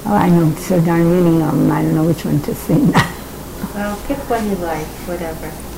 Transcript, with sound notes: Oh, I know so darn many of em, I don't know which one to sing. (laughing)
Well pick one you like, whatever.